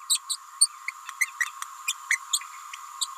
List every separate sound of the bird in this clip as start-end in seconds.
0.09-0.19, 0.29-0.36, 0.61-0.68, 1.20-1.25, 1.40-1.45, 1.87-1.94, 2.10-2.17, 3.01-3.07